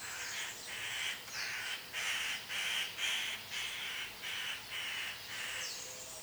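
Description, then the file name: Eurasian magpie giving a rapid series of broad, harsh, rasping chatter notes. "Pica pica"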